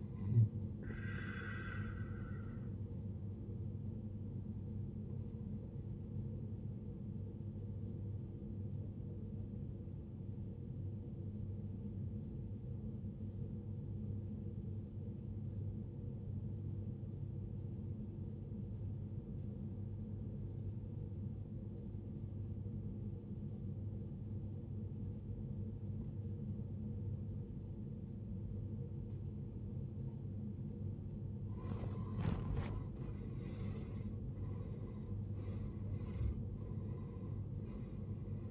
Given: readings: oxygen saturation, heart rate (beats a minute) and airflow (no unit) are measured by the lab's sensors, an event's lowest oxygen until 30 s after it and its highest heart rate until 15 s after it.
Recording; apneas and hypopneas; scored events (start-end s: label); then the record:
breathing in sleep by a smartphone at the bedside; 1
8.00-29.30 s: obstructive apnea (N2, oxygen 94% highest, then 79% lowest, heart rate 61 at the start, 76 highest)
From the record:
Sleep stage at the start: N2 (light sleep); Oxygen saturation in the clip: 83 to 94%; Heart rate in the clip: 58 to 76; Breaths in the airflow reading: 4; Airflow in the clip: -18.0 to 17.2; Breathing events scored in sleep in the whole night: 389 in 6.3 hours asleep